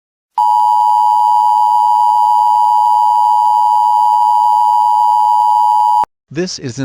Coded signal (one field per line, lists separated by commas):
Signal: Emergency Alert System (SAME) tones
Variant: 853 and 960 Hz attention tone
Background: speech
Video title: EAS Scenario #17 2021